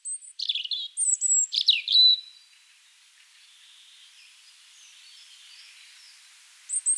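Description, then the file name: European robin singing a short run of high, liquid warbles and thin whistled notes, followed by quiet and brief high notes at the end. "Erithacus rubecula"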